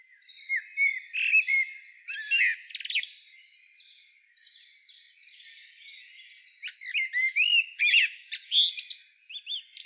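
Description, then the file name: Common blackbird song: two phrases, each mixing low fluted whistles with high squeaky twittering, with a quiet pause between them. "Turdus merula"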